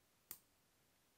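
The cap of a fountain pen, the comparison pen rather than the Jinhao, is pushed onto its barrel and snaps shut with a single sharp, bright click at 0.3 s. The click decays quickly against a quiet, steady background. The cap is seated closed.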